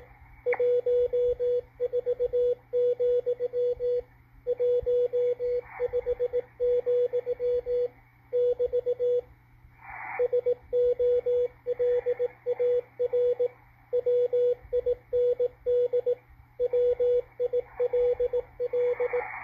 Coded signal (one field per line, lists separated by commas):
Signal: Morse code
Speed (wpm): 18 wpm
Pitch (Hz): 490 Hz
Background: radio noise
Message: 14, 15, <BT> SOLAR WIND WILL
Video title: GEOMAG FORECAST W1AW DECODE ON MALACHITE DSP SDR RECEIVER 5-10-2021